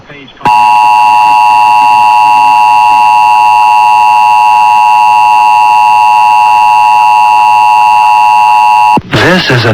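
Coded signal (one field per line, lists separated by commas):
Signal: Emergency Alert System (SAME) tones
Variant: 853 and 960 Hz attention tone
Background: speech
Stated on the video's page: 2023 National Periodic Test EAS tones, received and relayed from translator W224AB-FM 92.7 MHz of KBHW-FM 99.5 MHz, International Falls, Minnesota.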